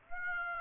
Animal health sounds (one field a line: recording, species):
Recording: mosquito wingbeat signal from an infrared sensor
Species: Aedes aegypti